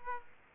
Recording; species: mosquito wingbeat signal from an infrared sensor; Aedes aegypti